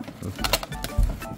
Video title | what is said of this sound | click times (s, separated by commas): Unboxing New Mickey Mouse Disney Christmas Animatronic! | there we clicked one arm | 0.4 s, 0.5 s